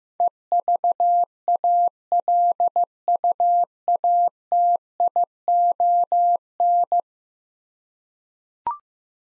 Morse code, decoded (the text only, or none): EVALUATION